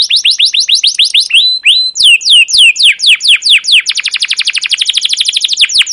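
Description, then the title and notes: Canary song: rapid series of high downward-sweeping chirps with harmonics, then slower slurred notes, then a fast, steady trill of repeated chirps. Captive canary; long chirping 'cuit cuit' song used as a lure and training recording for young canaries learning to sing. "CUIT CUIT NGEROL LANGSUNG GACOR PANJANG Kenari Ini AMPUH Utk Pancingan KENAR. PANCINGAN Kenari GACOR PANJANG Cuit CUIT EMOSI ini AMPUH utk MASTERAN Kenari PAUD belajar BUNYI. burung kenari"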